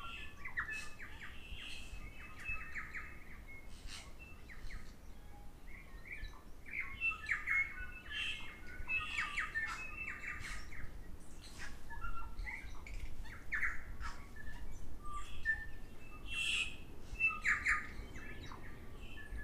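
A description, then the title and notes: Birdsong fills the scene, with many overlapping chirps, trills and short squawks from several birds, busiest between about 7 and 18 seconds. The calls are bright, set over a steady low rumble that runs throughout. Birdsong.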